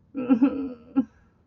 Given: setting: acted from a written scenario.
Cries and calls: vocal sound without words; guilt

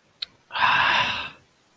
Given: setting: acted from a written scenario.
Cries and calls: vocal sound without words; sympathy

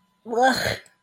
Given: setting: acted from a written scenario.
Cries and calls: vocal sound without words; disgust

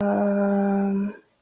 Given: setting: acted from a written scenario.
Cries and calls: vocal sound without words; neutral

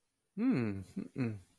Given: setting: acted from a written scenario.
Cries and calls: vocal sound without words; sympathy

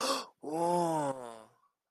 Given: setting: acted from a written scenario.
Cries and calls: vocal sound without words; amusement

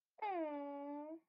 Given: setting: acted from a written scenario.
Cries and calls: vocal sound without words; adoration

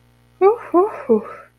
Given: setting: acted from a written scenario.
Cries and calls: vocal sound without words; ecstasy

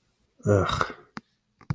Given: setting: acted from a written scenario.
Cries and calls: vocal sound without words; disappointment

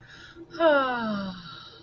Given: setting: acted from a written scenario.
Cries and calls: vocal sound without words; serenity

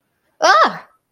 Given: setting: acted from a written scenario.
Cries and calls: vocal sound without words; pain

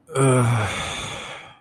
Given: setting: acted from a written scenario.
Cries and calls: vocal sound without words; pain

